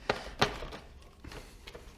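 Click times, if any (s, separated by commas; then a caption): none. A stock wiring harness connector is being fitted into an electrical component on a Sportsman 800 ATV during a build. Two sharp handling knocks come at 0.1 s and 0.4 s, then softer taps at about 1.3 s and 1.7 s over a quiet background. Nothing has seated or clicked yet; the connector is not home by the end of the clip.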